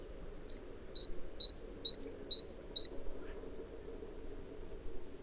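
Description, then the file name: Great tit singing a run of about six quick two-note phrases, a lower note then a higher one, repeated briskly before falling silent, with a soft low background hum. "Parus major"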